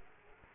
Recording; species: mosquito wingbeat signal from an infrared sensor; Culex quinquefasciatus